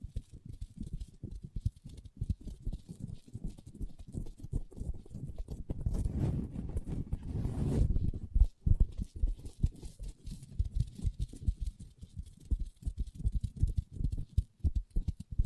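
Long nails tap and scratch on a table in quick, uneven clusters of sharp low knocks throughout. Around six to eight seconds the sound thickens into a denser, louder stretch of rubbing and scratching, then the separate taps resume.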